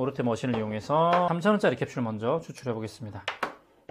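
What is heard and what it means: A coffee capsule is being handled at a capsule coffee machine, about to go in before the lid clamps shut on it. Someone talks throughout, with faint handling sounds underneath. Nothing has seated or clicked yet.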